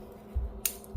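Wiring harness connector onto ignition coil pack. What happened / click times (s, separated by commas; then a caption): The connector clicked home / 0.7 s. A wiring harness connector is pushed onto the ignition coil pack of a Pontiac Solstice during a coil pack replacement, and this second coil connector gives one sharp plastic click at 0.7 s. Low thumps come before and after it, and the connector is seated.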